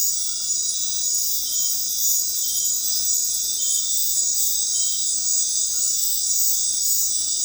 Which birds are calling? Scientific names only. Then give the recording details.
none. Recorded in dense forest near Puerto Asís, Putumayo, Colombia, on 21 February 2024 at 19:30. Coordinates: 0.500, -76.322. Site G6465